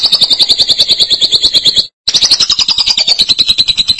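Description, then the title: Lovebird chattering: a steady, shrill, rapidly pulsed screech that breaks off briefly near the middle, then resumes just as fast. "BM Suara Burung Lovebird"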